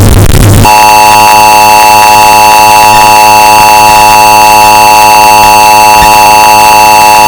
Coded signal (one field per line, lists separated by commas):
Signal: Emergency Alert System (SAME) tones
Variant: 853 and 960 Hz attention tone